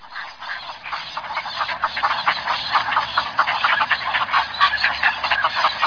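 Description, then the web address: Bird calls: dense, rapid harsh chattering, short notes tumbling over each other many times a second, continuous throughout with no other clear sounds. Recorded in Higashiosaka, Japan. "higashiosaka bird koe"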